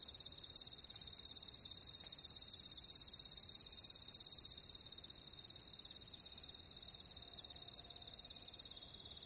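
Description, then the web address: Crickets trilling in a constant shrill chorus, with one clearer cricket chirping in short repeated pulses, about two per second, through the second half. "Nature Songs Nature Sounds Sounds of Nature Collection Crickets"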